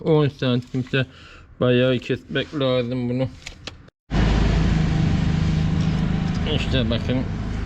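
A trimmed metal brake part is being fitted back into the disc brake housing of a Fiat 640 tractor after being cut down. Someone talks, a single sharp knock comes at about 3.7 s, and after a brief silence a loud, steady broadband noise runs to the end. The part has not seated yet.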